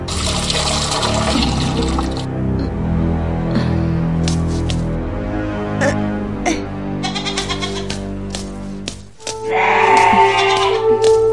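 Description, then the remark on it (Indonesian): Milk goats bleat in wavering, nasal calls over a steady trickle of running water, with a louder, clearer bleat near the end. “Dengan menjual susu kambing perahan, mereka menyambung hidup, meski keuntungannya tidak seberapa.”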